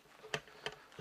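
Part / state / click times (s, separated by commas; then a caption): trigger guard lock on handgun trigger guard / seated / 0.3 s, 0.7 s. An Onnais Defender Pro trigger guard lock is clamped onto the trigger guard of a CZ75-type handgun. Two sharp clicks ring out at 0.3 s and 0.7 s over a quiet background. The lock seats firmly in place without any problem.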